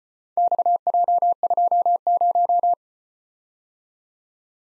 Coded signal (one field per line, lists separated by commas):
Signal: Morse code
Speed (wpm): 34 wpm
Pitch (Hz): 700 Hz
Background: none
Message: XJ20